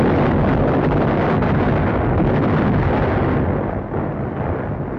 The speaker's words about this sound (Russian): Сдвоенный взрыв тут же повторило горное эхо.